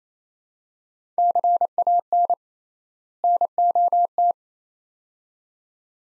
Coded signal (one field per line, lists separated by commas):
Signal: Morse code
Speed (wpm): 28 wpm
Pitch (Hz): 700 Hz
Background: none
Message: CAN NOT